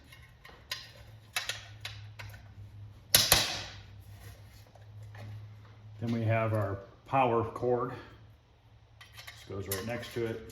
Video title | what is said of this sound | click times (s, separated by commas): Tapper arcade restore part 11 power brick rebuild | this just snaps in place then | 3.2 s